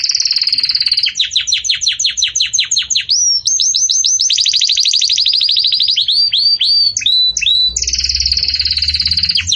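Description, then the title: Canary song: continuous loud rolling trills, shifting between fast repeated sweeping notes and buzzy rattles, with varied tempo throughout. Belgian canary song in campainha style, used for teaching young chicks (encarte de filhotes). "Canto Do Canário Belga Campainha Para Encarte De Filhotes"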